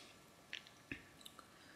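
A laptop memory module is pushed into its memory slot with the notch on the left-hand side. Soft scraping taps lead up to a sharp click at 0.9 s, followed by a few lighter ticks. The RAM module is seated in the slot.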